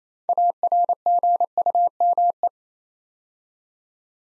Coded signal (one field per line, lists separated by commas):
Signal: Morse code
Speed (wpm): 27 wpm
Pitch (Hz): 700 Hz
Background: none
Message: ARGUME